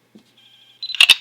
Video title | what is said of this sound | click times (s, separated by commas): Archival Rose Custom Saber | you pop it in again you hear that click you want to test that everything's working | 1.0 s